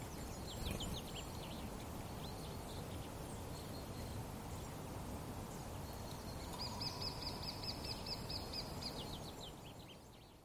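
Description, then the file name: Lesser spotted woodpecker calling, a longer string of high, rapid, evenly repeated notes late, with other birdsong earlier and background hiss. "pikkutikka"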